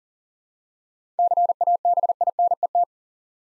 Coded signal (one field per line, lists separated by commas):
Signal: Morse code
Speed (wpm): 42 wpm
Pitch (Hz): 700 Hz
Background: none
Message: CABINET